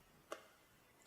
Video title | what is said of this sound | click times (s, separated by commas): Litter-Robot 3 Connect Upgrade Kit Installation Video - US & International | they snap into place just like | 0.3 s